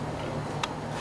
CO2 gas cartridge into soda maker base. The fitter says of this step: il suffit de tourner on va entendre un petit clic